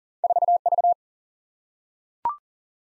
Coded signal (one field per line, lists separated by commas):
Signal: Morse code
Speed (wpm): 40 wpm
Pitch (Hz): 700 Hz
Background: none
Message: 4 V